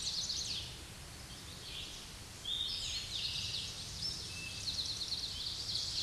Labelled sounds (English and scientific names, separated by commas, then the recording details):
Eastern Towhee (Pipilo erythrophthalmus) song
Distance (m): 40 m
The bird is about level with the microphone
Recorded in a Pennsylvania forest on 16 May 2024 at 06:24
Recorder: AudioMoth, point MSD-1338
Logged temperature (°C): 12.6 °C
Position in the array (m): 80 m, 57 m